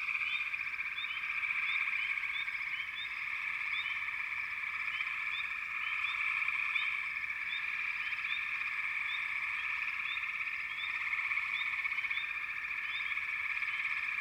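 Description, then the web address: Frogs calling together in a thick, unbroken chorus of high-pitched trills, dotted with short upward chirps from individual callers across the whole stretch. "Sounds of Nature Collection 28 Frog Chourus"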